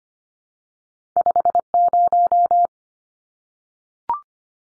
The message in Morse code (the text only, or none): 50